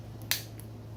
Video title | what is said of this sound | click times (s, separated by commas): Orion quest pod mod and Flagship vapors Urban Legends line of juice | it back in the hole and snaps | 0.3 s